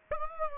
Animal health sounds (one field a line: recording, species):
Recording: mosquito wingbeat signal from an infrared sensor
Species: Aedes aegypti